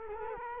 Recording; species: mosquito wingbeat signal from an infrared sensor; Culex quinquefasciatus